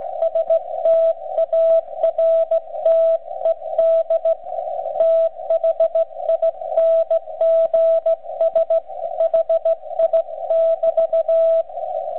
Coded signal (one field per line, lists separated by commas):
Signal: Morse code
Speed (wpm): 15 wpm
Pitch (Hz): 660 Hz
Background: radio noise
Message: STARTED THINGS HI <BT>